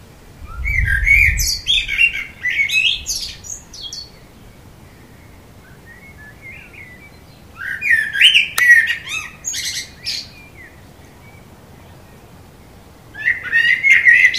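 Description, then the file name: Common blackbird song: two mellow warbled phrases mixed with thin, high squeaky notes, then the start of a third, separated by pauses of a few seconds. "Turdus merula"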